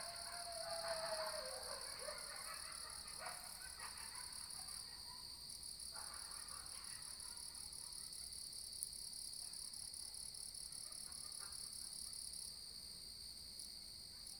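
Animal chorus: continuous high insect-like buzzing whose highest tone drops out near the end, with soft scattered chirps and a short whistled note early on.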